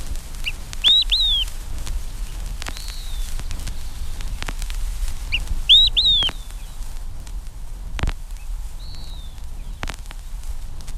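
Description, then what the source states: Olive-sided Flycatcher song: a short note then two loud slurred whistles, given twice several seconds apart, with softer drawn-out whistles between and low background rumble. Song rendered 'quick three beers', given from the top of a spruce in the Riding Mountains.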